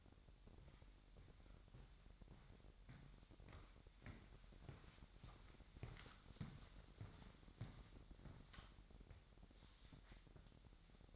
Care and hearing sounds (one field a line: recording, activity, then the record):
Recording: daily activity, microphone in the room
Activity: walk to room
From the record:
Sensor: 3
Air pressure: 1012.2 hPa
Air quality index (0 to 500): 147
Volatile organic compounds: 2 ppm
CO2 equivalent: 1123 ppm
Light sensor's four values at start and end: 139/331/137/127 and 134/320/132/122